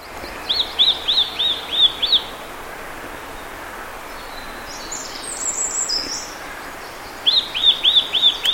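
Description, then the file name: Eurasian nuthatch giving fast series of five or six clear, arched whistled notes, a burst near the start and another near the end, with higher faint calls from another bird between. "Sitta europaea"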